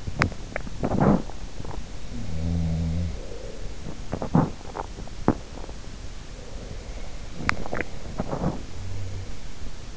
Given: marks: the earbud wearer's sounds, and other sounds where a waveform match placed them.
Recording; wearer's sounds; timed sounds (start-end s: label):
sounds in sleep by an in-ear microphone; teeth grinding
0.00-1.37 s: teeth grinding
1.77-3.71 s: sound from someone else or the room
4.11-5.88 s: teeth grinding
7.02-8.97 s: teeth grinding